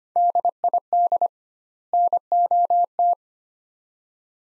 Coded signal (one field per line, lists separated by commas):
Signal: Morse code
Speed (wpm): 25 wpm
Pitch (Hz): 700 Hz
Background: none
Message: DID NOT